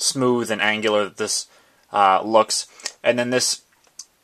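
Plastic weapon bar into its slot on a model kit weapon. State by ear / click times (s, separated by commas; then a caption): seated / 4.0 s. Someone talks while a plastic bar on the weapon of a 1/100 MG Gundam RX-78-2 ver. 2.0 model kit is slid into its slot. A single sharp click sounds at 4.0 s as the bar snaps into place.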